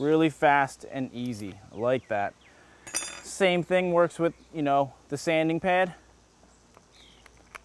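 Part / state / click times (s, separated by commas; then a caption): sanding pad accessory into oscillating multi-tool quick-release mount / seated / 7.6 s. A sanding pad accessory is pressed onto the tool-free quick-change mount of a Porter Cable PC250MTK 2.5 Amp corded oscillating multi-tool while someone talks for most of the clip. After the talking stops, faint ticks at 6.8 s and 7.3 s lead to a sharp snap at 7.6 s as the pad seats on the mount.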